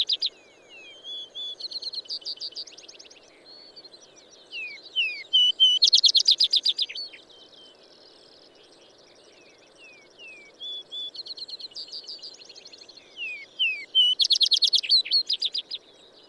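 Bird singing a varied high phrase of slurred whistles and chattering notes that builds into a loud rapid trill, repeated twice, over a constant low hum.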